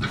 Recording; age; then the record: pig call; growing-finishing pig (85 days or more)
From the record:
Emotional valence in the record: positive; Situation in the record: run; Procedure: transit